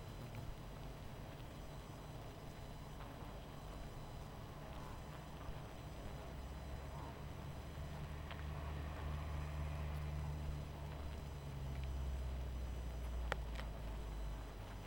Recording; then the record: honeybee colony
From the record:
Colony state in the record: missing queen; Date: 14 July 2017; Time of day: 21:34